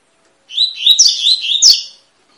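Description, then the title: Double-collared seedeater song: a single warbled phrase of sliding whistles and a sharp high downslurred note near its end, lasting about one and a half seconds. Tui-tui song style, fibra, of a bird used as a song teacher ('professor') for young birds. "COLEIRO TUI TUI FIBRA"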